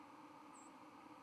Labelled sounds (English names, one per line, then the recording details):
White-throated Sparrow flight call
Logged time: 10:47 on 31 October 2014